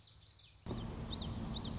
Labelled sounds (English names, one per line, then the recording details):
Common Yellowthroat
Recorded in Sonoma County, California